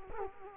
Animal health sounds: mosquito wingbeat signal from an infrared sensor; Culex quinquefasciatus

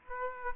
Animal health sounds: mosquito wingbeat signal from an infrared sensor; Aedes aegypti

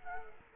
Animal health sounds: mosquito wingbeat signal from an infrared sensor; Culex quinquefasciatus

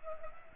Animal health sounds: mosquito wingbeat signal from an infrared sensor; Culex pipiens

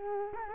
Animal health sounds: mosquito wingbeat signal from an infrared sensor; Culex quinquefasciatus

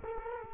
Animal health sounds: mosquito wingbeat signal from an infrared sensor; Culex quinquefasciatus

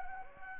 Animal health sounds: mosquito wingbeat signal from an infrared sensor; Anopheles gambiae

